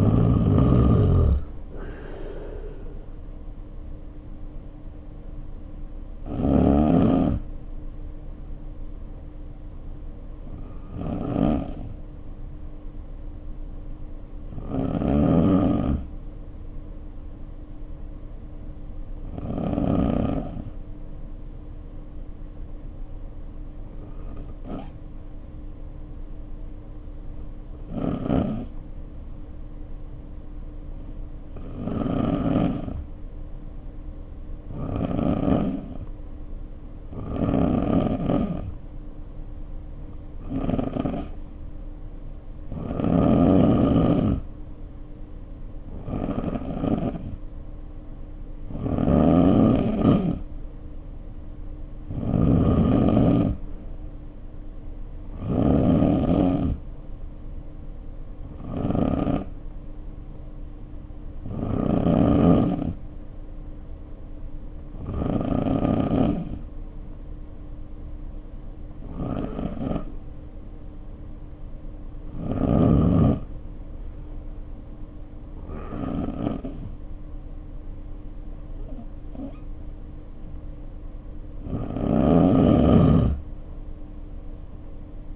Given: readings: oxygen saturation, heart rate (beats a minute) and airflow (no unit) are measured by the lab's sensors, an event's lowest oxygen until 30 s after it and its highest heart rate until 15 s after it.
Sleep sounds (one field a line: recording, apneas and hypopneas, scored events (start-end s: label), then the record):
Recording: breathing in sleep by a smartphone at the bedside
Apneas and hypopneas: 1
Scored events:
22.00-43.10 s: hypopnea (N2, oxygen 95% highest, then 89% lowest, heart rate 53 at the start, 60 highest)
66.00-85.35 s: new sleep stage, N3 (deep sleep)
From the record:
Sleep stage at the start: N2 (light sleep)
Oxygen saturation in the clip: 89 to 95%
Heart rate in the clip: 51 to 60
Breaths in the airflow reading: 22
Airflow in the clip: -3.1 to 4.7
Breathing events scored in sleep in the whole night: 520 in 7.2 hours asleep